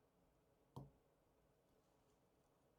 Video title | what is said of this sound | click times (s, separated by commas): bulova watch service | I think that's just clicked into place. | 0.8 s